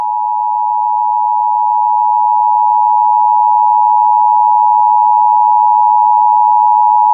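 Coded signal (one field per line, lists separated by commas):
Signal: Emergency Alert System (SAME) tones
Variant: 853 and 960 Hz attention tone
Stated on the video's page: Unscheduled national EAS test.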